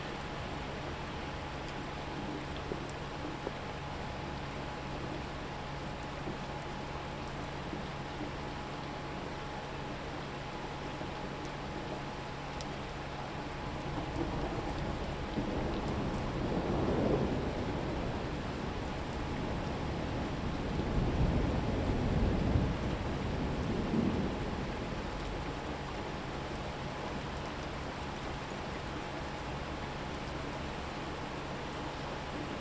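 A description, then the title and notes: Steady rain hiss over a faint constant hum, with a low rolling thunder rumble swelling from about fifteen seconds and fading near twenty-five. Manchester Storm 16/6/2020 by Damian Pace.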